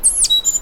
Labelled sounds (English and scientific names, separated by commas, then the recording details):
Stitchbird (Notiomystis cincta) song
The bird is a male
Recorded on Tiritiri Matangi Island, New Zealand, in 2005
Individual 1, of nest box 1